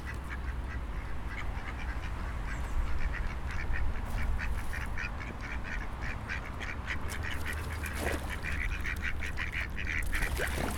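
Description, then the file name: Ducks quacking in a busy, overlapping series of short nasal calls, with steady low background rumble throughout. Recorded near the Seine. "freesound Ducks and a Siren near the Seine"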